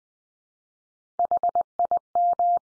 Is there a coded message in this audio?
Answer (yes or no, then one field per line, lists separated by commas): yes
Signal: Morse code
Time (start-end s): 1.2-2.6 s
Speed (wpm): 20 wpm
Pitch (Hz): 700 Hz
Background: none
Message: HIM